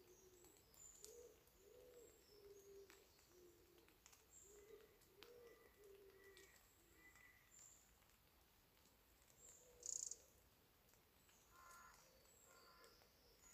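Water drips from the trees in a quiet wood after rain, scattered sharp ticks against a hushed background. A soft, low hooting call repeats through the first seven seconds, while thin high bird chirps come and go, with one brief loud chirp near ten seconds.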